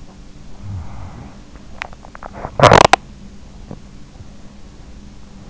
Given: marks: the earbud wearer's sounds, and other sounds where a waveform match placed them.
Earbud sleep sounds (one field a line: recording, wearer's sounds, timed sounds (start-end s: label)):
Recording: sounds in sleep by an in-ear microphone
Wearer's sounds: snoring breath, teeth grinding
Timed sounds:
0.30-1.45 s: snoring breath
1.45-3.96 s: teeth grinding